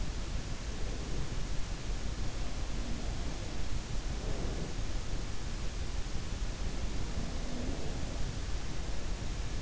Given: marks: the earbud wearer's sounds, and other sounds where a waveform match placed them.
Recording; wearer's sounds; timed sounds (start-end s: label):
sounds in sleep by an in-ear microphone; breath
0.15-1.82 s: breath
2.71-5.33 s: breath
6.49-9.62 s: breath